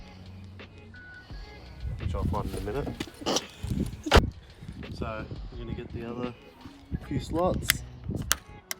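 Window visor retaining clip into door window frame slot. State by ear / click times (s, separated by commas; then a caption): seated / 8.3 s, 8.7 s. Plastic retaining clips of a WeatherShields OEM window visor on a 2003–2008 Subaru Forester are pushed into the slots in the door window frame while someone talks. Two sharp clicks at 8.3 s and 8.7 s mark the clips snapping in, seating the visor.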